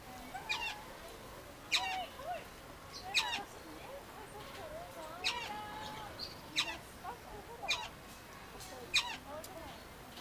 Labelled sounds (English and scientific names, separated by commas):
Eclectus Parrot (Eclectus roratus) call